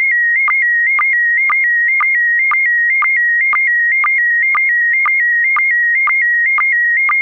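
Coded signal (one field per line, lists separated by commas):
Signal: SSTV (slow-scan television)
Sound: steady warbling high tone alternating two pitches, with a short low blip twice a second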